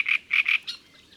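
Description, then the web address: Great reed warbler giving three short, gruff, creaking notes followed by a fainter squeak. Recorded in May. "Mai La Rousserolle turdoide. les-4-saisons-des-chants-doiseaux"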